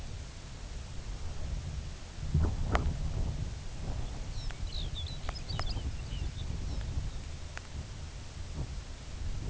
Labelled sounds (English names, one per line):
Lapland Longspur